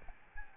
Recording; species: mosquito wingbeat signal from an infrared sensor; Aedes albopictus